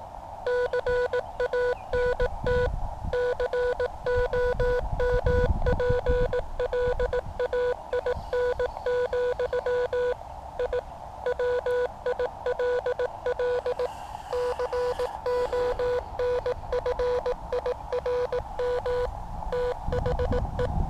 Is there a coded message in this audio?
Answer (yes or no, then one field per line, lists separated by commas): yes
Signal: Morse code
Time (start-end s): 0.5-20.7 s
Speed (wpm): 18 wpm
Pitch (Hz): 490 Hz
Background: none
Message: CANT COMPLAIN, I WILL CONFIRM THE